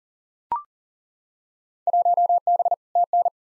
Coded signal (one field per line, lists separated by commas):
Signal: Morse code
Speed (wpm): 40 wpm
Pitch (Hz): 700 Hz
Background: none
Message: 1B TN